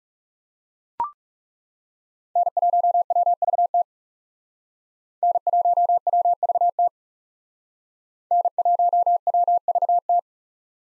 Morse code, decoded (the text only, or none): N1WVT N1WVT N1WVT